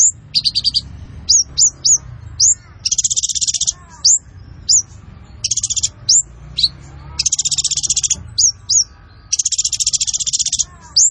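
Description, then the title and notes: Sunbird song of high rising whistled notes alternating with longer dense, buzzy rattling trills, fast and energetic, with faint low background rumble. Masteran song for training and luring other birds; described as gacor (vigorous singer), with full isian fills and tembakan bursts. "MASTERAN KOLIBRI NINJA FULL ISIAN DAN TEMBAKAN COCOK BUAT PANCINGAN. Suara Burung Kolibri Ninja Gacor"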